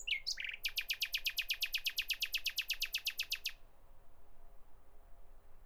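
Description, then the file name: Common nightingale song: a few sharp introductory notes, then a long, rapid, machine-like volley of loud clicking notes that stops abruptly, followed by quiet. "Nachtigall"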